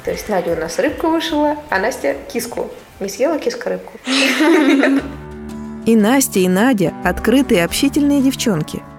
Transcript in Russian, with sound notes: То есть Надя у нас рыбку вышила, а Настя – киску? Не съела киска рыбку? (Смеется вместе с девочками) И Настя, и Надя – открытые, общительные девчонки.